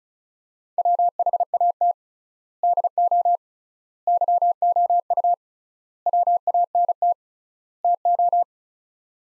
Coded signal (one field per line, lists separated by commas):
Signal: Morse code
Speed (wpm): 36 wpm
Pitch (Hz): 700 Hz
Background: none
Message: WHAT DO YOU WANT TO